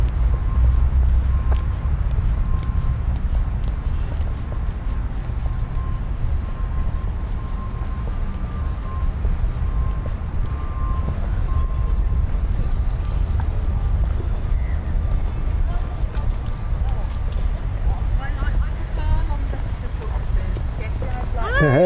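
A walk through a business park at lunchtime, with a steady low rumble of traffic and wind dominating throughout. A faint whine hums in the middle, and near the end brief brighter sounds suggest voices or movement.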